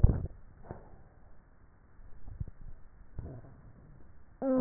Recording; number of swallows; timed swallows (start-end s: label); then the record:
swallowing sounds by neck microphone; 2
0.02-0.73 s: swallow
2.30-2.87 s: swallow
From the record:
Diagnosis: dysphagia